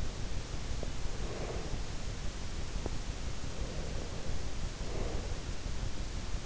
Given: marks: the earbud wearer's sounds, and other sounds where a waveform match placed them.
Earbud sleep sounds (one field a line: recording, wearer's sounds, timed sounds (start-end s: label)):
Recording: sounds in sleep by an in-ear microphone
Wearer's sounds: breath, teeth grinding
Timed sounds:
0.18-2.01 s: breath
2.85-2.95 s: teeth grinding
3.45-5.66 s: breath